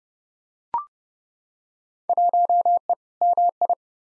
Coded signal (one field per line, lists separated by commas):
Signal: Morse code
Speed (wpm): 31 wpm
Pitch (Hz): 700 Hz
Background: none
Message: 1E MI